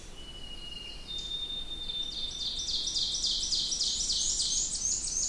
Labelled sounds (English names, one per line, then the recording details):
Ovenbird song
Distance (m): 30 m
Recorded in boreal forest in Alberta, Canada, on 20 June 2016 at 06:41
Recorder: SongMeter 3, array SBT-6-81
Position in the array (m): 5 m, 287 m
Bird 26